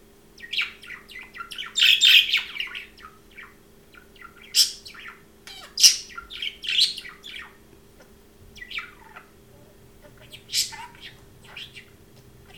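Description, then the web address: Parrot warbling: a dense burst of chirps early on, then scattered squeaky notes and softer chatter with short pauses. Domestic pet parrot, chirping and talking. "domasen papagal curulika i govori"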